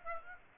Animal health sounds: mosquito wingbeat signal from an infrared sensor; Aedes aegypti

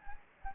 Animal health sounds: mosquito wingbeat signal from an infrared sensor; Anopheles gambiae

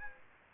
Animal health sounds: mosquito wingbeat signal from an infrared sensor; Aedes aegypti

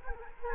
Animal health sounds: mosquito wingbeat signal from an infrared sensor; Culex quinquefasciatus

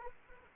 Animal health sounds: mosquito wingbeat signal from an infrared sensor; Anopheles arabiensis

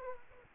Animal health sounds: mosquito wingbeat signal from an infrared sensor; Aedes aegypti

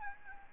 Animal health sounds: mosquito wingbeat signal from an infrared sensor; Aedes albopictus

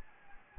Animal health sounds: mosquito wingbeat signal from an infrared sensor; Anopheles gambiae

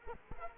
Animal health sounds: mosquito wingbeat signal from an infrared sensor; Culex quinquefasciatus

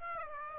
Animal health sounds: mosquito wingbeat signal from an infrared sensor; Aedes aegypti

